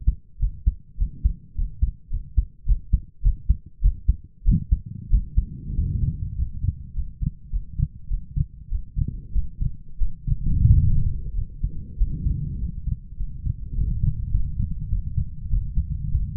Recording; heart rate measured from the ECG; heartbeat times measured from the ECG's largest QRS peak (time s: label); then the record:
heart sounds by stethoscope; 99 bpm
0.39 s: heartbeat
0.97 s: heartbeat
1.54 s: heartbeat
2.10 s: heartbeat
2.65 s: heartbeat
3.22 s: heartbeat
3.81 s: heartbeat
4.44 s: heartbeat
5.09 s: heartbeat
5.74 s: heartbeat
6.35 s: heartbeat
6.93 s: heartbeat
7.50 s: heartbeat
8.08 s: heartbeat
8.69 s: heartbeat
9.33 s: heartbeat
9.99 s: heartbeat
10.68 s: heartbeat
11.35 s: heartbeat
11.97 s: heartbeat
12.59 s: heartbeat
13.17 s: heartbeat
13.75 s: heartbeat
14.31 s: heartbeat
14.90 s: heartbeat
15.50 s: heartbeat
16.11 s: heartbeat
From the record:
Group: healthy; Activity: rest 0-12 s, Valsalva maneuver 12-16 s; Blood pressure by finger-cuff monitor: 106/60 mmHg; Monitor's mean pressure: 78 mmHg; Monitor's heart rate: 97 bpm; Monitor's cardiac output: 6.6 L/min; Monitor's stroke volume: 65 mL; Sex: male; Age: 22 years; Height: 181 cm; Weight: 60 kg